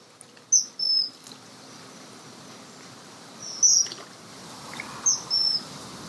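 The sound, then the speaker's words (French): Kingfisher calls: three short bursts of shrill, thin, high-pitched whistles, each a quick pair of piercing notes, spaced a second or two apart over a soft, steady background hiss. “Pensez au martin pêcheur.”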